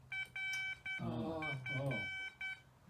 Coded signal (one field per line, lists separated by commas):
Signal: Morse code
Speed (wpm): 10 wpm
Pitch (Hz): 2300 Hz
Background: none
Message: RF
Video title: Art AB6HB at CW Class